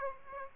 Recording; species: mosquito wingbeat signal from an infrared sensor; Aedes aegypti